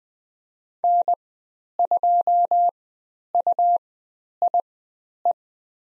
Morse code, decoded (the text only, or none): N2UIE